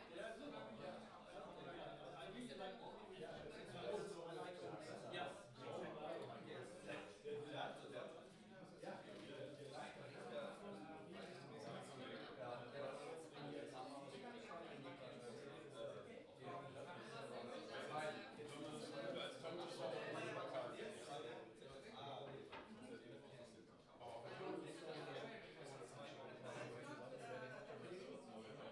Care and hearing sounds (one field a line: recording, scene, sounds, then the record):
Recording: everyday scene through a hearing-aid microphone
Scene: many people talking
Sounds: many voices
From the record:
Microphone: in the ear canal, left